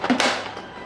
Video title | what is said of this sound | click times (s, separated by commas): 🟠Home Depot -2024 Plague Doctor unboxing/setup/demo🟣 | just like that you heard the snap so now you know it's in | 0.2 s